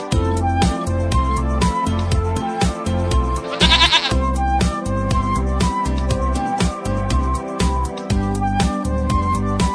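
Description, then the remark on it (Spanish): Sheep bleat in wavering, nasal cries as they escape through an open gate, over a steady, rhythmic musical backing that plays loudly throughout, with one brighter, shakier bleat standing out partway through. “Tranquera, que se le están escapando las ovejas.”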